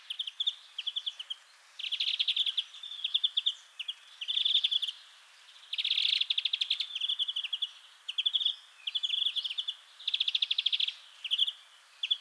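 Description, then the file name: European greenfinch calls in rapid trilled bursts around mid-high pitch, clusters of fast chattering notes repeating throughout with short gaps between. "Chloris chloris"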